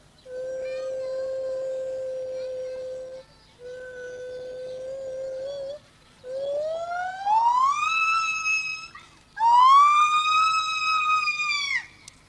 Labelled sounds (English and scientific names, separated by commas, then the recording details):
Lar Gibbon (Hylobates lar)
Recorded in captivity
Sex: pair
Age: adult
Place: Tierpark Berlin, Berlin, DE
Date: 1986-10-04
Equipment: Nagra SN, Kopie Uher 4000 Report Monitor
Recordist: Tembrock, Günter
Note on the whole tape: Paar: Rufe und Duette; das Männchen (hellere Stimme) später allein; längere Strecke